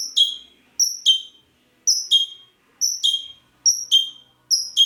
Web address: pevcii-popugai parrots psephotus-haematonotus